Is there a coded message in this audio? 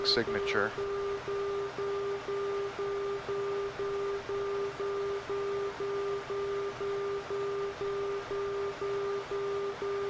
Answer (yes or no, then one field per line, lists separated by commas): no